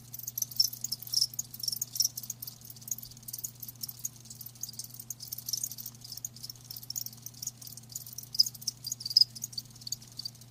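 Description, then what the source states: Crickets chirping in a high, scratchy chorus, short bursts scattered irregularly over a faint steady low hum. Live crickets chirping with a lulling song.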